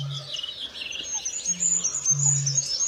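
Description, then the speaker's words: Goldcrest giving very high, thin, twittering notes in a quick run. Heard live, apparently at Siggefora in Uppland; high, bright voice. "Nu hör vi en kungsfågel, ljusa stämman där."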